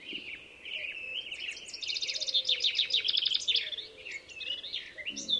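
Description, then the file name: Common chaffinch song: a rapid run of bright, repeated notes forming a trill and ending in a flourish, over soft, low, repeated notes. "Fringilla coelebs"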